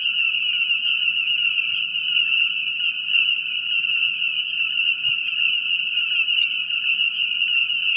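Continuous frog calling, shrill and ringing, with fast repeated lower notes and one brief soft thump midway.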